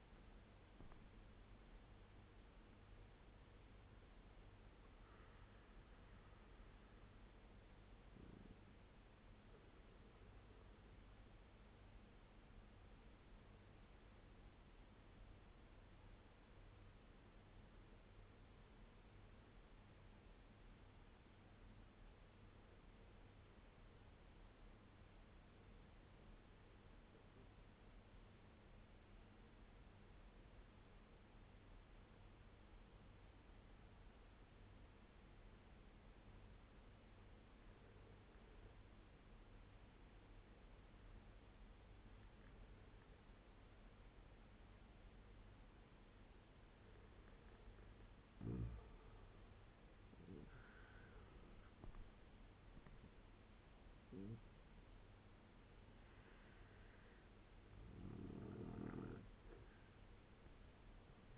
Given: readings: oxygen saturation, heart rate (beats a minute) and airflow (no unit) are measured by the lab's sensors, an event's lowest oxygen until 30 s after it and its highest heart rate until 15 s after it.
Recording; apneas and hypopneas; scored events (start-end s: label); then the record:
breathing in sleep by a voice recorder at the bedside; 1
9.00-48.10 s: obstructive apnea (N1, oxygen 97% highest, then 89% lowest)
10.00-61.38 s: new sleep stage, N2 (light sleep)
From the record:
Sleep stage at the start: N1 (lightest sleep); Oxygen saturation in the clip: 89 to 97%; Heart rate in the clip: 65 to 85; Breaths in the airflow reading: 4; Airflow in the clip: -7.7 to 11.3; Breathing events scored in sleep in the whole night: 201 in 6.5 hours asleep